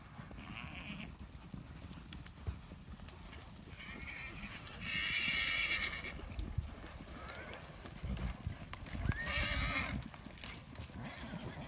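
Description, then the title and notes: Arabian horse whinnies, two loud harmonic neighs over hoof clops and shuffling outdoors. Herd of Arabian horses roaming free. "Arabian Horse Herd in Freedom. at Tenuta Casabianca"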